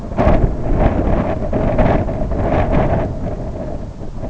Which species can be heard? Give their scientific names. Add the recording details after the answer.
none. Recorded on Arctic tundra, site IGLO-B, on 24 June 2018. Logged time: 01:59